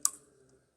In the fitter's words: And did you hear that click.